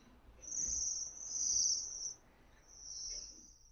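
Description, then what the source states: Bohemian waxwing calls: high, thin buzzy trills, two drawn-out notes run together and a third after a short pause. Calls slightly lower than those of cedar waxwings.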